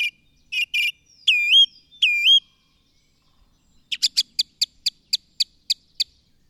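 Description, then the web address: Bird song of chirps and two upswept whistles, then a series of about ten sharp notes. "madarak enek"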